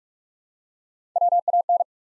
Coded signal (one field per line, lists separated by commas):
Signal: Morse code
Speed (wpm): 48 wpm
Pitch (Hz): 700 Hz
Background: none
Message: WAN